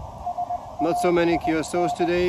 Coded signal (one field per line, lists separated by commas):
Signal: Morse code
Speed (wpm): 20 wpm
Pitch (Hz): 710 Hz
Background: speech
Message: SAIN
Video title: Pedestrian mobile with Elecraft KX2 .Urban QRP from The Hill Of Three Crosses!